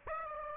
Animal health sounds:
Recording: mosquito wingbeat signal from an infrared sensor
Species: Aedes aegypti

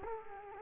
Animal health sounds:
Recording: mosquito wingbeat signal from an infrared sensor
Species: Culex quinquefasciatus

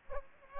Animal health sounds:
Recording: mosquito wingbeat signal from an infrared sensor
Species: Aedes aegypti

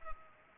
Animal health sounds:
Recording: mosquito wingbeat signal from an infrared sensor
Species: Culex pipiens

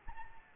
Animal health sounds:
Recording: mosquito wingbeat signal from an infrared sensor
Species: Anopheles arabiensis

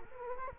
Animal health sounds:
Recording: mosquito wingbeat signal from an infrared sensor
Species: Culex quinquefasciatus

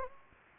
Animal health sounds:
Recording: mosquito wingbeat signal from an infrared sensor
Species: Anopheles gambiae

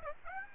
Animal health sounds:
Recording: mosquito wingbeat signal from an infrared sensor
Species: Aedes aegypti

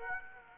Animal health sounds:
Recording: mosquito wingbeat signal from an infrared sensor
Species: Aedes aegypti

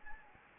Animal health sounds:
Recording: mosquito wingbeat signal from an infrared sensor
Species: Anopheles gambiae

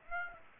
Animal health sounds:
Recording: mosquito wingbeat signal from an infrared sensor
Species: Aedes aegypti

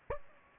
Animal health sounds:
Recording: mosquito wingbeat signal from an infrared sensor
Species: Aedes aegypti

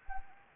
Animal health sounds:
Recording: mosquito wingbeat signal from an infrared sensor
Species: Anopheles arabiensis

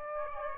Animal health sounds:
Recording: mosquito wingbeat signal from an infrared sensor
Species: Aedes aegypti

